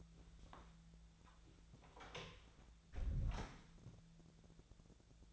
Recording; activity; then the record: daily activity, microphone in the room; close door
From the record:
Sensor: 3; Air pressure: 1000.5 hPa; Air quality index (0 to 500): 180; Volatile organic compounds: 4 ppm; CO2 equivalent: 1566 ppm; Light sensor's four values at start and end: 12/30/12/13 and 12/30/12/13